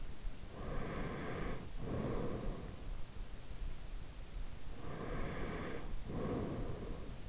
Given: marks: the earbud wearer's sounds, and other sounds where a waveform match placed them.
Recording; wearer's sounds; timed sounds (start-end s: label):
sounds in sleep by an in-ear microphone; breath
0.40-2.98 s: breath
4.78-7.29 s: breath